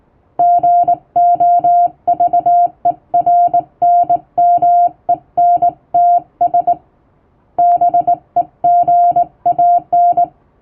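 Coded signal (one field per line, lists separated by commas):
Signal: Morse code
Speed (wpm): 20 wpm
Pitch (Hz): 700 Hz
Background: music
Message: GOVERNMENTS BEGAN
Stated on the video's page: Morse sent with a vertical straight key by a first-class radiotelegraph operator, practice text.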